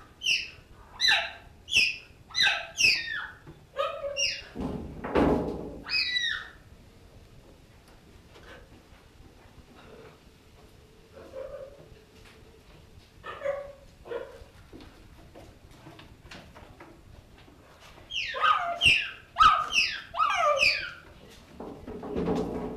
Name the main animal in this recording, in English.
Cheetah